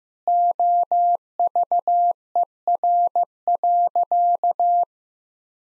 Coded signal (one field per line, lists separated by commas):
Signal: Morse code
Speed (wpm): 15 wpm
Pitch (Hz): 700 Hz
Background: none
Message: OVER.